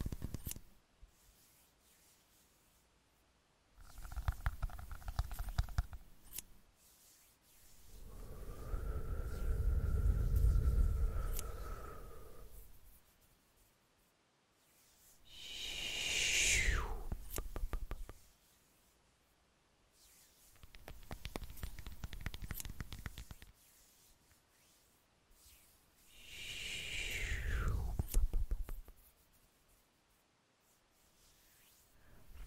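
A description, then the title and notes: Layered plucking, pulling and hand sounds come in separate bursts roughly every five seconds, with near silence between. One burst near ten seconds holds a low, steady hum, while bursts near sixteen and twenty-eight seconds end in a bright falling squeak. PLUCKING AND PULLING WITH LAYERED SOUNDS, SCISSORS, MOUTH SOUNDS, HAND SOUNDS.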